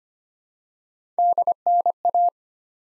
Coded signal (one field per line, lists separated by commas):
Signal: Morse code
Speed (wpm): 25 wpm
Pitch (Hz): 700 Hz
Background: none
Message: DNA